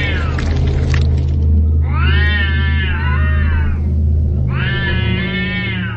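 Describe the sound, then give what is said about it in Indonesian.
A cat lets out two long, drawn-out yowls with wavering pitch, each lasting over a second, over a steady low rumbling hum in the background. “Rusti menghardik seekor kucing yang baru saja tarung dengan kucing lainnya”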